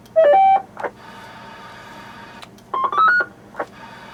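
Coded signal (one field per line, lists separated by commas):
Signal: roger beep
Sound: short stepped electronic tone melody, a burst of static, then a second melody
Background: radio static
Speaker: are some of the beeps that are on here now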